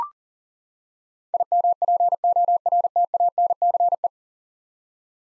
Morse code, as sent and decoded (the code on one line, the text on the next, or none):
.. -- .--. --- .-. - .- -. -.-. .
IMPORTANCE